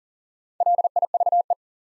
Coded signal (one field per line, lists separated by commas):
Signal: Morse code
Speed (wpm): 40 wpm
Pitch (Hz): 700 Hz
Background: none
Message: LIVE